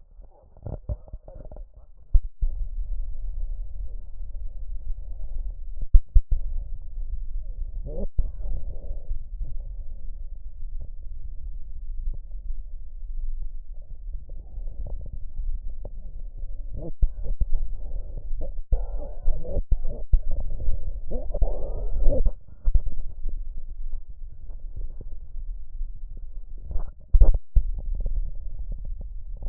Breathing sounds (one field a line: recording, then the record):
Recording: lung sounds by stethoscope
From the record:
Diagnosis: emphysema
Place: left posterior upper chest